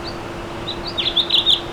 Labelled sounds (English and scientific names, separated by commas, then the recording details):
House Finch (Haemorhous mexicanus) song
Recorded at Merrick on Long Island, New York, on 17 May 2013
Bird B